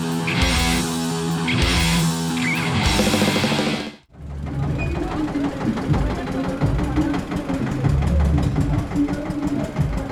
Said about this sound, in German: Wir sind in Nürnberg. Es ist der 17. Oktober, ein kühler Abend. Ein ungewöhnliches Gefährt setzt sich in Gang. Ein Traktor.